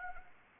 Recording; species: mosquito wingbeat signal from an infrared sensor; Anopheles arabiensis